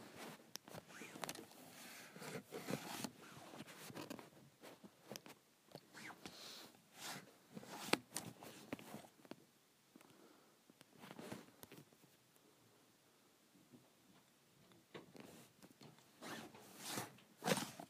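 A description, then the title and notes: A calculator cover is slid on and off repeatedly, making short scraping, zipper-like swipes that come in clusters through most of the clip. A quieter stretch around ten to fourteen seconds holds only faint rustles before the brisk sliding resumes, ending with a sharp swipe. Sliding my Calculator Cover.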